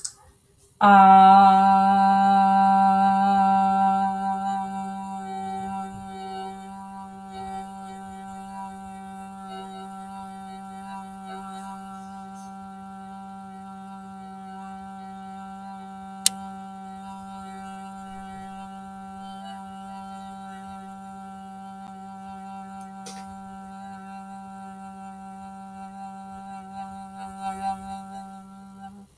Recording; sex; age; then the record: vowel held as long as possible; female; 30 to 39 years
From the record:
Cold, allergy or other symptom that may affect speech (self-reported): no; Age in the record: 32 years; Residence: Washington, United States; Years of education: 16